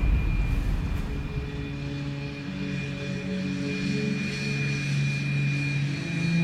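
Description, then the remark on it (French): A steady airplane engine drones without pause, from an airplane waiting at an aerodrome to fly to Moscow; its low, layered hum holds several sustained tones that shift slightly in pitch, with a thin high whine riding above. “Là-bas, un avion les attend pour les ramener à Moscou.”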